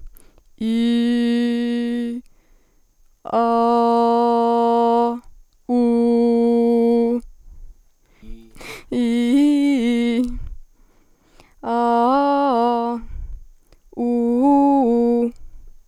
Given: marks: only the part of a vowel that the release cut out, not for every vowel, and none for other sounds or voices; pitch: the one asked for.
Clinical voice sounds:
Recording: sustained vowels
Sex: female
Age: 20 to 29 years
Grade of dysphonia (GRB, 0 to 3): 0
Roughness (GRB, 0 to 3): 0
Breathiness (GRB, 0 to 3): 0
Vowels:
0.78-2.07 s: vowel /i/, low pitch
3.50-4.89 s: vowel /a/, low pitch
5.85-7.07 s: vowel /u/, low pitch
9.02-10.09 s: vowel /i/, low-high-low pitch
11.72-12.85 s: vowel /a/, low-high-low pitch
14.09-15.15 s: vowel /u/, low-high-low pitch
From the record:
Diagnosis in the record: healthy voice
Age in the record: 21 years

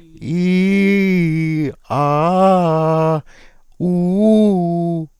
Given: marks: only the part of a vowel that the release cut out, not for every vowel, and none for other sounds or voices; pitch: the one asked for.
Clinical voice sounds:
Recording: sustained vowels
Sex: male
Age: 40 to 49 years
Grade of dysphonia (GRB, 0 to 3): 1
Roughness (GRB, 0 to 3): 1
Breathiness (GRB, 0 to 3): 1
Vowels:
0.39-1.61 s: vowel /i/, low-high-low pitch
1.99-3.10 s: vowel /a/, low-high-low pitch
3.92-5.01 s: vowel /u/, low-high-low pitch
From the record:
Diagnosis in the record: dysarthrophonia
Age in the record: 41 years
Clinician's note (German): Restsymptomatik

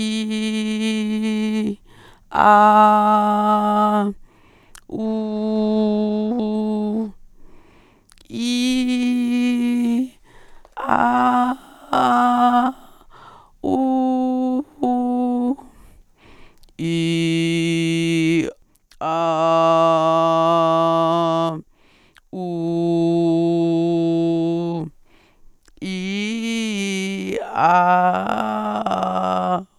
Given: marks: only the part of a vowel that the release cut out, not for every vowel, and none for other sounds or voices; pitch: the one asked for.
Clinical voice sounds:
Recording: sustained vowels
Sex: female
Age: 40 to 49 years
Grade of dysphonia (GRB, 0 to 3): 0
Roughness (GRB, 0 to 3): 0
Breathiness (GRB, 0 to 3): 0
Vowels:
0.00-1.57 s: vowel /i/, normal pitch
2.78-3.94 s: vowel /a/, normal pitch
5.08-6.43 s: vowel /u/, normal pitch
9.06-9.89 s: vowel /i/, high pitch
13.70-14.52 s: vowel /u/, high pitch
20.05-21.36 s: vowel /a/, low pitch
23.53-24.46 s: vowel /u/, low pitch
28.13-29.44 s: vowel /a/, low-high-low pitch
From the record:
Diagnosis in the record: hyperfunctional dysphonia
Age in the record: 43 years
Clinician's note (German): Mäßige Form, multifaktoriell psychogen

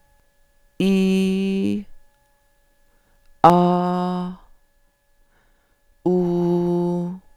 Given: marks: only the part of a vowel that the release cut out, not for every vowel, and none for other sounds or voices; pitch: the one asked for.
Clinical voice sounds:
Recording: sustained vowels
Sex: female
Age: 50 to 59 years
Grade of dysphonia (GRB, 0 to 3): 2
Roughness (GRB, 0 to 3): 2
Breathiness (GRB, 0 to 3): 1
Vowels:
0.82-1.61 s: vowel /i/, high pitch
3.50-4.14 s: vowel /a/, high pitch
6.10-6.95 s: vowel /u/, high pitch
From the record:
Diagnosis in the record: psychogenic dysphonia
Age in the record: 55 years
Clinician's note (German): Funktionelle Komponente

